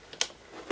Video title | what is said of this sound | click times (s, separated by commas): Canon EOS Rebel T8i (Al's Variety Camera Bundle Review ) ASIN # B08JS2PMN8 *Unbiased Review* | and then you just twist until you hear a click | 0.2 s